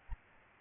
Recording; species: mosquito wingbeat signal from an infrared sensor; Aedes albopictus